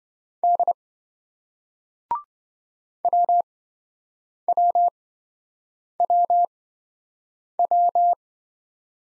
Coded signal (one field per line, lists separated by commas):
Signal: Morse code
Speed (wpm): 25 wpm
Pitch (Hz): 700 Hz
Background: none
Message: D WWWW